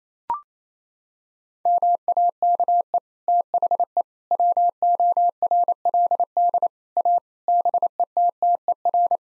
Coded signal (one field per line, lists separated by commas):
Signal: Morse code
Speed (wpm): 28 wpm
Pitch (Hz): 700 Hz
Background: none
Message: MAKE THE WORLD A BETTER